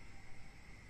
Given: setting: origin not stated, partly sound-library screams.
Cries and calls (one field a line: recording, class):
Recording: one-second piece from a danger detection set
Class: normal situation